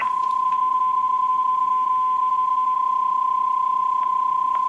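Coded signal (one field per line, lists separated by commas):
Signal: PSK31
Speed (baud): 31.25 baud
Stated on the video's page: Elecraft K3 at home operated remotely through Ham Radio Deluxe over an internet audio and control link.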